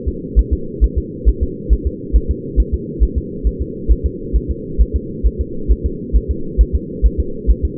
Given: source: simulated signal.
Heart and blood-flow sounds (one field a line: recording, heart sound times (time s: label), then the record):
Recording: fetal heart sounds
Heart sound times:
0.08 s: S2
0.39 s: S1
0.53 s: S2
0.84 s: S1
0.98 s: S2
1.28 s: S1
1.43 s: S2
1.73 s: S1
1.87 s: S2
2.16 s: S1
2.31 s: S2
2.60 s: S1
2.74 s: S2
3.03 s: S1
3.18 s: S2
3.47 s: S1
3.62 s: S2
3.91 s: S1
4.06 s: S2
4.36 s: S1
4.51 s: S2
4.81 s: S1
4.96 s: S2
5.27 s: S1
5.41 s: S2
5.71 s: S1
5.86 s: S2
6.16 s: S1
6.31 s: S2
6.61 s: S1
6.75 s: S2
7.06 s: S1
7.20 s: S2
7.50 s: S1
7.65 s: S2
From the record:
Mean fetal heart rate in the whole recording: 135 bpm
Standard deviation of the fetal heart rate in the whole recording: 3 bpm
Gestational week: 34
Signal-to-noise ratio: -4.3 dB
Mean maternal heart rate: 72 bpm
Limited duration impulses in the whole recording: absent